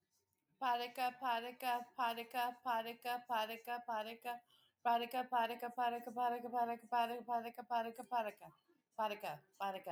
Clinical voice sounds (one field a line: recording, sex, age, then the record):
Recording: repeated syllables /pa ta ka/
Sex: female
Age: 40 to 49 years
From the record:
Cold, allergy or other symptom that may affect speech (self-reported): no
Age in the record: 45 years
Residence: New Mexico, United States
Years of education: 13